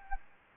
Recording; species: mosquito wingbeat signal from an infrared sensor; Anopheles gambiae